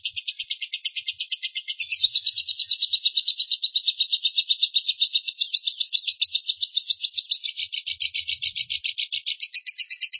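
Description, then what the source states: Lovebird giving a long, unbroken chattering trill of rapid, high, scratchy notes, held steady for the whole ten seconds. Long trill song style known in Indonesian as 'ngekek panjang'.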